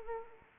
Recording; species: mosquito wingbeat signal from an infrared sensor; Anopheles arabiensis